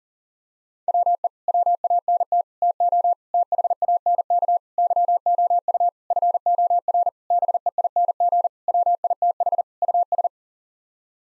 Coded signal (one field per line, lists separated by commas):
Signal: Morse code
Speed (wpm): 40 wpm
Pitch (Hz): 700 Hz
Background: none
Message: WE WANT TO THANK YOU FOR BEING WITH US